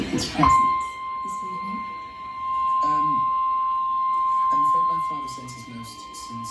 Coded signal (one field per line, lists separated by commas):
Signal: Emergency Alert System (SAME) tones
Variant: 1050 Hz attention tone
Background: speech, music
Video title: Severe Thunderstorm Warning EAS #4 (WVIZ) 8/30/24